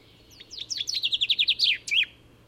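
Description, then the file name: Common chaffinch song: a series of sharp descending notes in a rattling trill, ending in a short flourish. "Fringilla coelebs"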